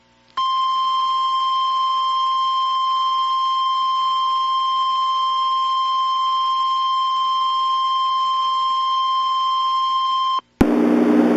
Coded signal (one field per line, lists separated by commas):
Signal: Emergency Alert System (SAME) tones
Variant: 1050 Hz attention tone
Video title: [EAS MOCK Collaboration] Henderson SVR